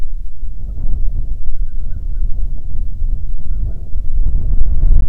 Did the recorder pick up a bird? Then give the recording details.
yes. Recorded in the Prudhoe Bay oil fields, Alaska, on 6 June 2019 at 04:09. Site 16